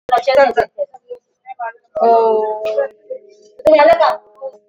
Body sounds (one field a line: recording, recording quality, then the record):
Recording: sustained vowel as in boot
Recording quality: poor, much background noise or distortion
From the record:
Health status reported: exposed to COVID-19, no respiratory illness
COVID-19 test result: negative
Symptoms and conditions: none ticked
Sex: female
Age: 54 years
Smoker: not ticked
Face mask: not worn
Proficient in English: yes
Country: India